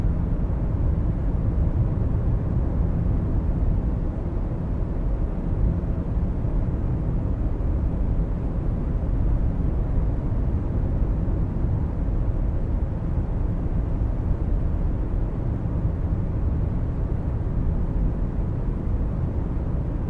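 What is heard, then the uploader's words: Steady car noise, a low, dense rumble like the sound inside a moving vehicle. It holds constant for the whole stretch, with no clear events, the weight sitting in the deep range and only a soft hiss above. Car Sounds White Noise.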